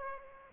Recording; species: mosquito wingbeat signal from an infrared sensor; Aedes aegypti